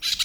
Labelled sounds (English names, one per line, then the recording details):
Brown-throated Parakeet contact call
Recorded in Venezuela